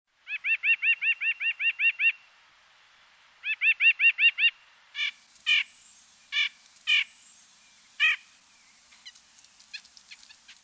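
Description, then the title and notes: White-breasted nuthatch song, a rapid nasal series of repeated notes in two runs, then several separate nasal calls with faint chips at the end. "White-breasted Nuthatch appeared first on Laura Meyers Photography"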